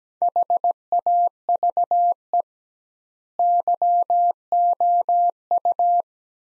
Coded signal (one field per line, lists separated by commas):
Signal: Morse code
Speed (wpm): 17 wpm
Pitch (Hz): 700 Hz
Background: none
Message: HAVE YOU